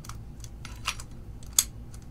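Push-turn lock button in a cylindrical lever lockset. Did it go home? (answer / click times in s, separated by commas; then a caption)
yes / 1.6 s. Someone pushes in the push-turn lock button on the inside lever of an Ultra Hardware 44253 standard duty commercial cylindrical lever lockset, then turns it to hold it locked. A few faint, light ticks and taps lead to one sharp, loud click at 1.6 s. The button latches into the locked position.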